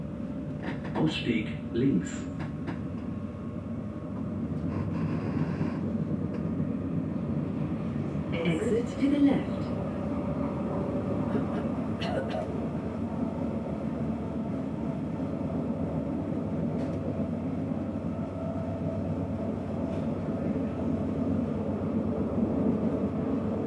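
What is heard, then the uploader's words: An S-Bahn train rolls along with a steady low rumble and a faint, even rhythm running through the whole ride. Brief voices surface in the first few seconds and again around nine seconds, and a thin high whine enters after eight seconds and holds to the end. Relaxing Circuit on Berlin's Ringbahn. Authentic audio recording of this unique S-Bahn trip. The gentle rhythm of the train and the subtle sounds of the city.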